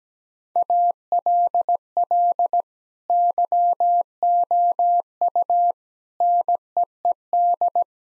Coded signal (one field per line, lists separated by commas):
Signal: Morse code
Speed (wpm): 17 wpm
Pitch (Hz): 700 Hz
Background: none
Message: ALL YOU NEED